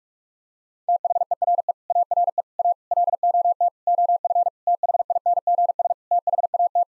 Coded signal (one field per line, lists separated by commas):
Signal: Morse code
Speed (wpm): 43 wpm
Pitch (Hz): 700 Hz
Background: none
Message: THERE ARE A LOT OF THINGS THAT